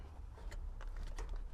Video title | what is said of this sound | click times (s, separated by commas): How To Remove a Gas Tank! - 2G DSM ECLIPSE | Hear that click, and then put it back. | 1.2 s